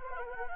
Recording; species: mosquito wingbeat signal from an infrared sensor; Anopheles gambiae